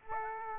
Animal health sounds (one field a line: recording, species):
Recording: mosquito wingbeat signal from an infrared sensor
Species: Aedes aegypti